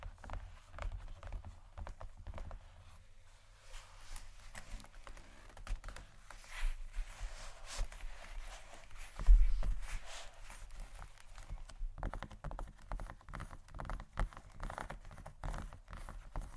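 Fingers tap and scratch across a leather bag in uneven bursts of short, dry knocks and rasping strokes. Activity is sparse early on, with a firmer thump near nine seconds, then becomes denser and busier from about twelve seconds to the end.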